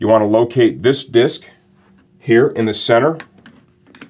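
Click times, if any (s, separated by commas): none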